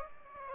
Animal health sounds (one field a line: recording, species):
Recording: mosquito wingbeat signal from an infrared sensor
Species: Aedes aegypti